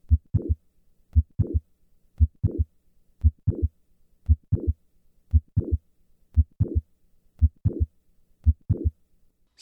Mitral Valve Prolapse. Upon changing from standing to squatting, left ventricular volume increases and the click moves later in systole.